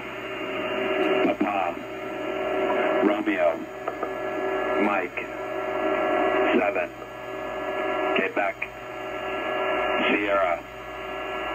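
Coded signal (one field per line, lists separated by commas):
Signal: coded military voice message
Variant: HFGCS Emergency Action Message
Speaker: i have one of those uh uh messages recorded and you can hear that now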